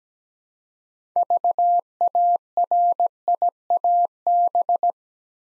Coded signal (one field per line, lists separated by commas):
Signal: Morse code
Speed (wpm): 17 wpm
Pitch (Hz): 700 Hz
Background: none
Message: VARIAB